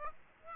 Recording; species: mosquito wingbeat signal from an infrared sensor; Aedes aegypti